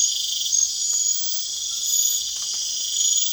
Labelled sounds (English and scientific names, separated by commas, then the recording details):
none
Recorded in pastures near Puerto Asís, Putumayo, Colombia, on 27 June 2025 at 21:30
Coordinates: 0.502, -76.324
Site G010